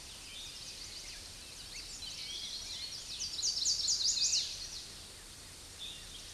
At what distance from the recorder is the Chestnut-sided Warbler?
about 20 m